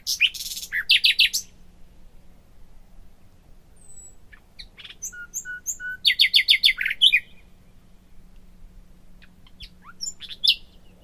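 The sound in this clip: Common nightingale song: rapid bursts of repeated notes, pure drawn-out whistles and chattering phrases, separated by short pauses, over a faint low hum.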